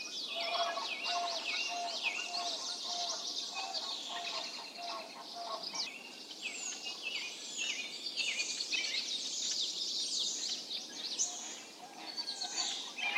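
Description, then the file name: Dense bird chorus of downward-sliding whistles and high chirps, with a lower repeated note in the first half and continuous overlapping calls. Birds calling in a mountain forest. "Tieng chim keu trong rung nui"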